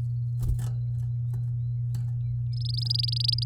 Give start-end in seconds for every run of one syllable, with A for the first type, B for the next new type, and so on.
2.53-3.44 A